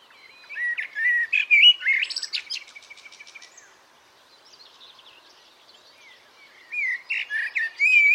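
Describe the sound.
Bird calls: bright, twittering and squeaky chirps in quick bursts, a buzzy trill in the middle, a quieter pause, then more sharp chirps.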